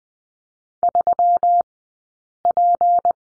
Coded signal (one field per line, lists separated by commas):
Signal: Morse code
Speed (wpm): 20 wpm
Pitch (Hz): 700 Hz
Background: none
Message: 3P